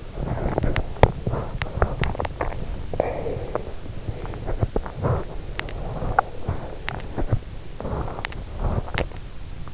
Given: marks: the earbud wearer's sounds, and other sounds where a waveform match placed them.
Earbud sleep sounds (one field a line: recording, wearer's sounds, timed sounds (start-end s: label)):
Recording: sounds in sleep by an in-ear microphone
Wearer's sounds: body movement, breath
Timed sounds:
0.00-2.60 s: body movement
2.83-3.97 s: breath
3.97-9.22 s: body movement